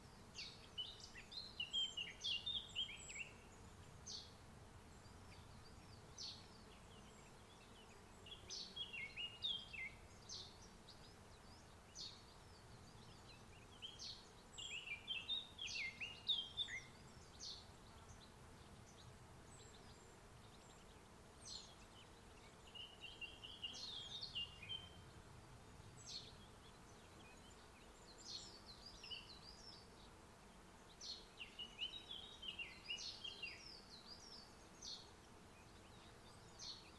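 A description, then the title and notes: A gentle summer forest, with bright bird calls and chirps coming in short bursts every few seconds, sometimes clustered, sometimes sparse. Beneath them sits a soft, steady low hum, like wind or buzzing insects, which swells and fades slightly throughout. Gentle summer forest, Mont Ventoux. This gentle summer soundscape was recorded in the forêt domaniale du mont Ventoux in the Vaucluse region of France. Recorded by Colin Hunter.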